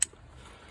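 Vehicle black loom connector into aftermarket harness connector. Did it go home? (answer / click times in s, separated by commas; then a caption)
yes / 0.0 s. A black plastic wiring loom connector with a security tab, from an Audi A5/S5/RS5 (MLBevo), is pushed all the way into an aftermarket harness connector. A single sharp, bright click sounds at 0.0 s, followed by a low, steady background hum. The connector is seated.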